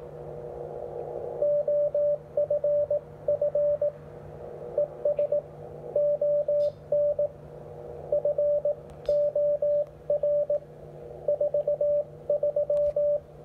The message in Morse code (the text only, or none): OFF ES ON FOR 43